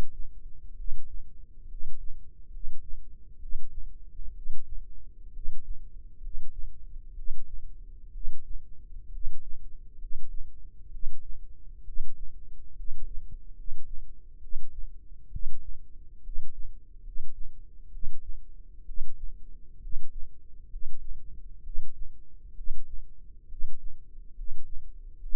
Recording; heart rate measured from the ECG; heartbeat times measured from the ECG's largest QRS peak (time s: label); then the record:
heart sounds by microphone in the left ear; 66 bpm
0.73 s: heartbeat
1.65 s: heartbeat
2.47 s: heartbeat
3.36 s: heartbeat
4.31 s: heartbeat
5.29 s: heartbeat
6.17 s: heartbeat
7.12 s: heartbeat
8.09 s: heartbeat
9.08 s: heartbeat
9.95 s: heartbeat
10.88 s: heartbeat
11.81 s: heartbeat
12.72 s: heartbeat
13.52 s: heartbeat
14.37 s: heartbeat
15.28 s: heartbeat
16.19 s: heartbeat
17.00 s: heartbeat
17.88 s: heartbeat
18.82 s: heartbeat
19.77 s: heartbeat
20.66 s: heartbeat
21.60 s: heartbeat
22.52 s: heartbeat
23.45 s: heartbeat
24.31 s: heartbeat
25.16 s: heartbeat
From the record:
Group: healthy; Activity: cold pressor test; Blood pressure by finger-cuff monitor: 108/57 mmHg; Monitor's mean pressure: 66 mmHg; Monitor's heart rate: 65 bpm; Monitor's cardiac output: 7.4 L/min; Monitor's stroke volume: 112 mL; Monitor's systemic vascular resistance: 640 dyn s/cm5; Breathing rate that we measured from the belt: 16 breaths a minute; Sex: male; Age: 22 years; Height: 185 cm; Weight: 112.4 kg